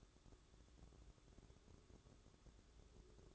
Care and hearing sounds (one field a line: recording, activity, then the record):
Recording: daily activity, microphone in the room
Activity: place on stove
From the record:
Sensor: 3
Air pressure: 1008.0 hPa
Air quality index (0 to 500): 120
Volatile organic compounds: 2 ppm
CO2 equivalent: 994 ppm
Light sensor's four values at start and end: 9/21/8/8 and 9/21/8/8